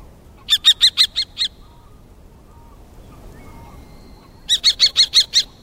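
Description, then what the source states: Common Kestrel calling in two rapid bursts of five or six sharp, high, even kee notes, separated by a few seconds of quiet. High, sharp ki-ki-ki call; perched on a signboard eating fairly large prey in the evening sun, on a sunny autumn afternoon at Watarase Retarding Basin among wide reedbeds.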